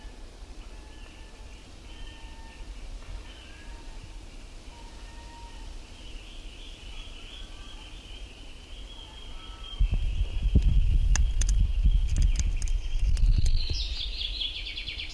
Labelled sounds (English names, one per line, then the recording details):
Common Chaffinch
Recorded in the wild
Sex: male
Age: adult
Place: Halbinsel Kindo, Karelien, RU
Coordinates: 66.5486, 33.1206
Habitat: taiga
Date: 1990-07-02 19:22
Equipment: Uher 4000 Report Monitor, Sennheiser MKH 416 T
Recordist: Frommolt, Karl-Heinz